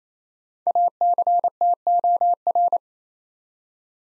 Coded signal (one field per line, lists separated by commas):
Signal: Morse code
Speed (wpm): 29 wpm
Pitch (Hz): 700 Hz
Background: none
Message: ACTOR